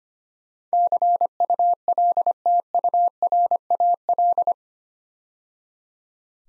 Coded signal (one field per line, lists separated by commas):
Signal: Morse code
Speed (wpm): 25 wpm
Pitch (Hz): 700 Hz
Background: none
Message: CULTURAL